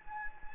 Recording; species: mosquito wingbeat signal from an infrared sensor; Anopheles gambiae